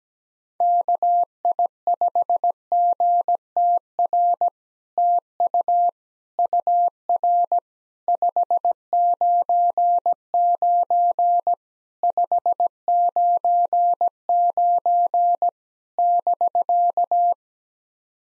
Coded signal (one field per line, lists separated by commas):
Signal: Morse code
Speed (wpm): 17 wpm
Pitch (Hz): 700 Hz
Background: none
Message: KI5GTR TU UR 599 599 <BK>